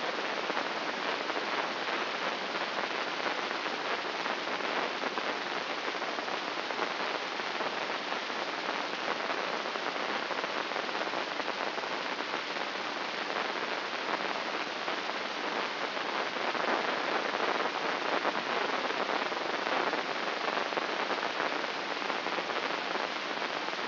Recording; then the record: brain microelectrode recording played as sound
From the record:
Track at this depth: outside the subthalamic nucleus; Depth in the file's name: 8.028 mm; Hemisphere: left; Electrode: 3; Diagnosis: Parkinson's disease